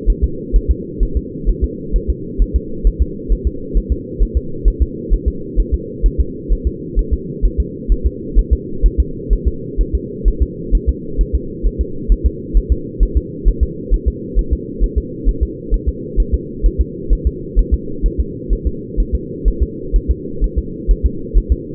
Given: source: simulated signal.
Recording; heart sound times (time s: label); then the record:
fetal heart sounds
0.10 s: S1
0.24 s: S2
0.56 s: S1
0.71 s: S2
1.03 s: S1
1.17 s: S2
1.50 s: S1
1.64 s: S2
1.96 s: S1
2.10 s: S2
2.42 s: S1
2.56 s: S2
2.87 s: S1
3.02 s: S2
3.32 s: S1
3.47 s: S2
3.78 s: S1
3.92 s: S2
4.23 s: S1
4.37 s: S2
4.68 s: S1
4.82 s: S2
5.14 s: S1
5.28 s: S2
5.60 s: S1
5.74 s: S2
6.06 s: S1
6.20 s: S2
6.53 s: S1
6.67 s: S2
6.99 s: S1
7.14 s: S2
7.45 s: S1
7.60 s: S2
7.92 s: S1
8.06 s: S2
8.39 s: S1
8.53 s: S2
8.86 s: S1
9.00 s: S2
9.33 s: S1
9.48 s: S2
9.81 s: S1
9.95 s: S2
10.28 s: S1
10.42 s: S2
10.75 s: S1
10.89 s: S2
11.21 s: S1
11.35 s: S2
11.67 s: S1
11.81 s: S2
12.12 s: S1
12.26 s: S2
12.57 s: S1
12.72 s: S2
13.03 s: S1
13.17 s: S2
13.48 s: S1
13.63 s: S2
13.94 s: S1
14.08 s: S2
14.39 s: S1
14.53 s: S2
14.84 s: S1
14.98 s: S2
15.29 s: S1
15.43 s: S2
15.74 s: S1
15.89 s: S2
16.20 s: S1
16.34 s: S2
16.66 s: S1
16.81 s: S2
17.13 s: S1
17.27 s: S2
17.59 s: S1
17.74 s: S2
18.06 s: S1
18.20 s: S2
18.53 s: S1
18.67 s: S2
19.00 s: S1
19.15 s: S2
19.48 s: S1
19.62 s: S2
19.96 s: S1
20.11 s: S2
20.44 s: S1
20.58 s: S2
20.91 s: S1
21.06 s: S2
21.38 s: S1
21.52 s: S2
From the record:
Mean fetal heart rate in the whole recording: 130 bpm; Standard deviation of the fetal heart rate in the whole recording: 2 bpm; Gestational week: 36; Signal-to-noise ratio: -4.3 dB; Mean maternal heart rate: 72 bpm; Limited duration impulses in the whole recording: absent